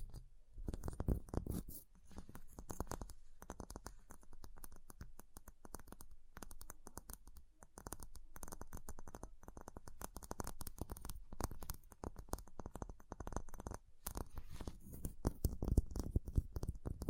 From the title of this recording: Ice Tapping, Scratching, Carving Sounds